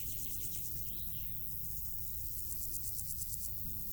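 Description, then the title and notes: Insect stridulation fills the grass with fast, high, pulsed chirring, a brief bird note early on, and steady low rumble underneath. Insects stridulating in grass on île Gabriel, Brangues, France, during a Rhône scouting trip; sunny summer afternoon, June 2021; two small Lom Usi Pro capsules in AB stereo with SD MixPre 6. "île Gabriel - Brangues, France - Bourdons et crissements estivaux. Une après-midi ensoleillée sur l'île Gabriel. en juin 2021. je dépose deux petites capsules dans l'herbe afin de capter les stridulations des insectes à cette saison"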